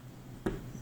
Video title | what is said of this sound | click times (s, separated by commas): Disconnect Battery LG Optimus G Sprint | and you can hear it pop out | 0.5 s